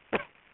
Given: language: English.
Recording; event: throat vibration sensor signal played as sound; cough